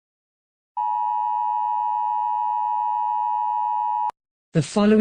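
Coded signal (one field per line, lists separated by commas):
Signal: Emergency Alert System (SAME) tones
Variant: 853 and 960 Hz attention tone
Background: speech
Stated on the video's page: Fictional text-to-speech EAS scenario, not a real broadcast.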